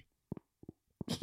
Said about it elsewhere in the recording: That's my jaw popping. For a long time, my jaw's been popping. It does this really annoying clicking sound. Temporomandibular joint dysfunction.